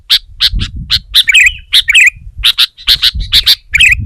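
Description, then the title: Sooty-headed bulbul: many short sharp chirps in quick bursts, some with lower bubbly notes, a low rumble of background noise beneath. "kutilang"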